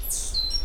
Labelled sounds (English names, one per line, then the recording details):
Stitchbird song
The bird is a male
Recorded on Tiritiri Matangi Island, New Zealand, in 2005
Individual 8, of nest box 10